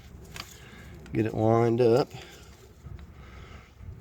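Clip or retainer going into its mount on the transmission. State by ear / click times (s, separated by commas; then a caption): not seated / none. A clip or retainer is being lined up with its mount on the CD4E transmission of a 2008 Mazda Tribute / Ford Escape / Mercury Mariner before it is pushed firmly home. Someone talks briefly in the middle of the clip, and faint ticks of handling are heard near 0.4 s and 3.0 s over low background noise. Nothing has seated or clicked yet.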